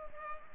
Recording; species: mosquito wingbeat signal from an infrared sensor; Culex pipiens